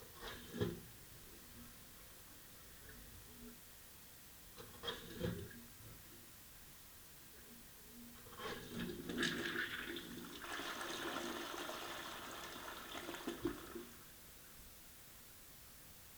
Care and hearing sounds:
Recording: daily activity, guitar pickup as the sensor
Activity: flush

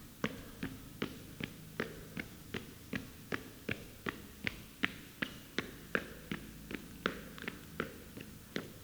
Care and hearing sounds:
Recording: daily activity, guitar pickup as the sensor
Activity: run

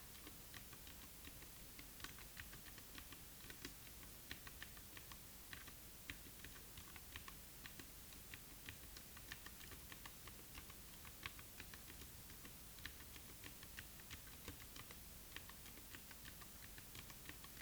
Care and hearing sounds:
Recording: daily activity, guitar pickup as the sensor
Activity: type

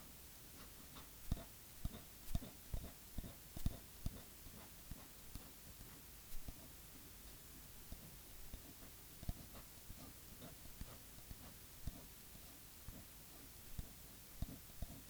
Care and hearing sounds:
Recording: daily activity, guitar pickup as the sensor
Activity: write

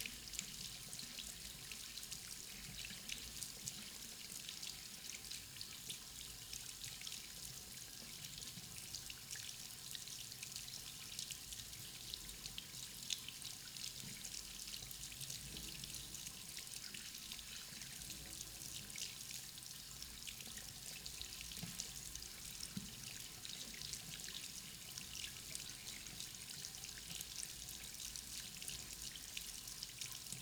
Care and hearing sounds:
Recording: daily activity, guitar pickup as the sensor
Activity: wash hands

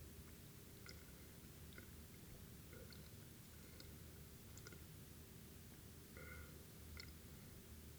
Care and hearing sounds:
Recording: daily activity, guitar pickup as the sensor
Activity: drink water

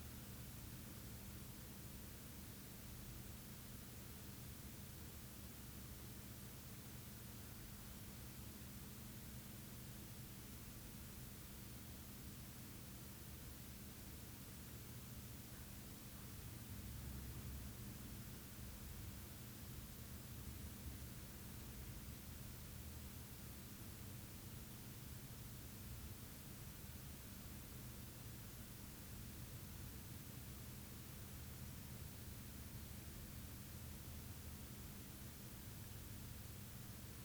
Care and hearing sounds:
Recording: daily activity, guitar pickup as the sensor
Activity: stand

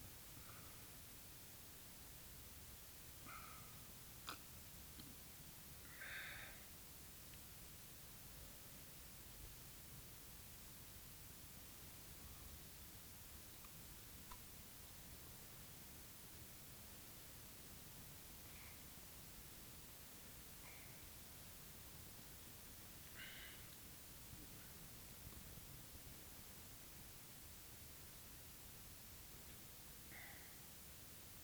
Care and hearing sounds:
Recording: daily activity, guitar pickup as the sensor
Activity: drink water

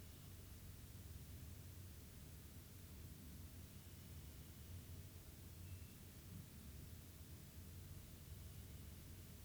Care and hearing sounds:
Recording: daily activity, guitar pickup as the sensor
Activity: sit

